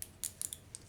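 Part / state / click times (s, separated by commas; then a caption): strain relief nut onto XLR connector shell / seated / 0.0 s, 0.2 s, 0.4 s, 0.5 s, 0.8 s. A threaded strain-relief nut is screwed onto the back of a 3-pin XLR connector shell, tightening down and squeezing the cable-grip jaws that hold the cable. Sharp, bright ratcheting clicks sound at about 0.0, 0.3, 0.5, 0.5 and 0.8 seconds as it tightens. The nut ends up seated on the threads.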